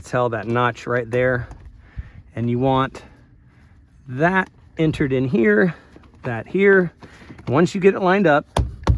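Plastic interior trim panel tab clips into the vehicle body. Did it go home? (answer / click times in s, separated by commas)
no / none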